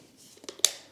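The plastic side retaining clips of a Synology DS224 NAS drive caddy are pressed back in over the hard drive. A few faint, soft clicks lead up to one sharp, bright click at 0.6 s as the clip snaps home and seats.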